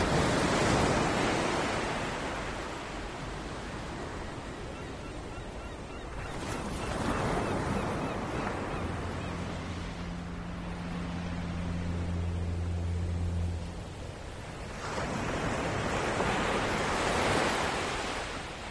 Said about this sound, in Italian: Ecco, quello che avete sentito potrebbe essere il mare di qualunque posto, però visto che si parlava di suoni e del potere dei suoni, abbiamo voluto mandarvi questi 20 secondi di registrazione che Tiziano ha fatto domenica mattina